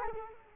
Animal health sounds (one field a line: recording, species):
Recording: mosquito wingbeat signal from an infrared sensor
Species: Culex quinquefasciatus